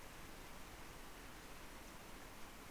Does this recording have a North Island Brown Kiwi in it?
no